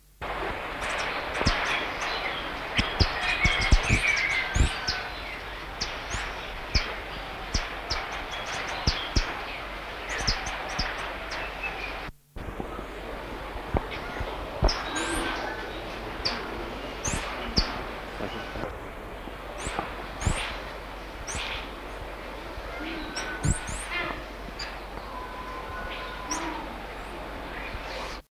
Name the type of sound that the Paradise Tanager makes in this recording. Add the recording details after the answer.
song. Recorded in captivity. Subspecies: paradisea. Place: Vogelpark Walsrode, Niedersachsen, DE. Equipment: Halbspur, 9,5 cm/s. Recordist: Lütgens, Hans. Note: Gesang